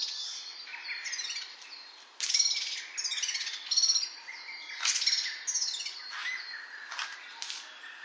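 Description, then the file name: Asian brown flycatcher giving thin, high chirps and short twittering phrases in repeated bursts of sharp notes. Recorded at Nasushiobara, Japan, on 6 June 2010. "kosamebitaki nasusiobara"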